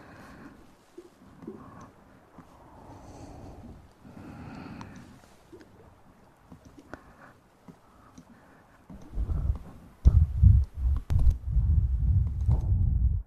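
Mouth sounds and breathing: soft low breaths and small wet clicks fill the first nine seconds, with a few faint smacks scattered through. Near the tenth second it turns much louder, with heavy, rough, blowing puffs and snorts in quick uneven bursts to the end.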